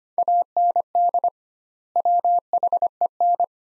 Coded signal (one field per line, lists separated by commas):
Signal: Morse code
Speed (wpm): 25 wpm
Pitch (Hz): 700 Hz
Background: none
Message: AND WHEN